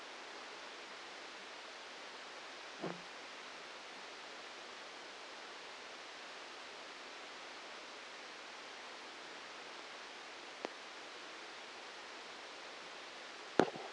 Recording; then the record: brain microelectrode recording played as sound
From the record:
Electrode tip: outside the subthalamic nucleus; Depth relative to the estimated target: -8 mm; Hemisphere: left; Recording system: NeuroSet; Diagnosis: Parkinson's disease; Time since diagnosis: 8 years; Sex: male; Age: 46 years